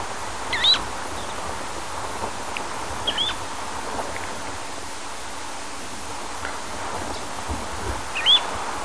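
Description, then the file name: Semipalmated plover calling with short, clear, upslurred whistles, a few spaced notes, over a soft hissing background. "chorlopalma"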